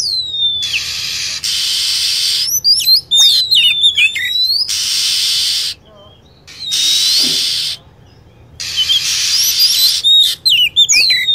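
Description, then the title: Lovebird calls: shrill chirps and quick falling whistles in bunches, broken up by several long bursts of steady loud hiss. Lure sound for attracting lovebirds. "PIKAT BURUNG LOVEBIRD"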